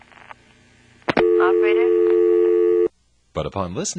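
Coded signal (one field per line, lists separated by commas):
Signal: telephone call progress tone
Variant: North America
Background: speech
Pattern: dial tone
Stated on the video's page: Call progress tone from an NX1-E exchange in Vanceboro, North Carolina, 1977.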